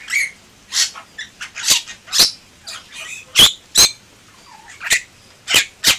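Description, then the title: Bali myna making harsh squawks and sharp clicking notes at irregular intervals, with a few softer chatters between. "Jalak Bali"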